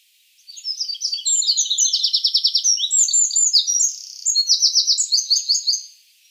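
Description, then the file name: Eurasian wren, energetic high-pitched song: tumbling chips and two rattling trills strung together over roughly five and a half seconds, clean and unaccompanied. "Troglodytes troglodytes"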